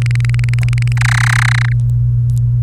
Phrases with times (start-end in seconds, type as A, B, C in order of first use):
0.02-0.93 A, 0.97-1.72 B